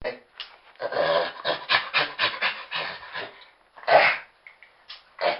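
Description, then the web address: Chimpanzee giving a series of breathy, panting grunts, then a louder hoarse call and a few shorter grunts. "Bobby Cole Chimpanzee"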